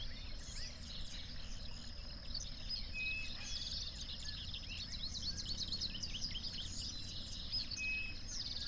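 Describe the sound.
Birds chirping and twittering in a dense chorus throughout, partly masked by a strong low rumble, with a steady high hum behind.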